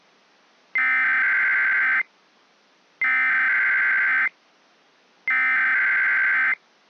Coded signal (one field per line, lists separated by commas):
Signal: Emergency Alert System (SAME) tones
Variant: header bursts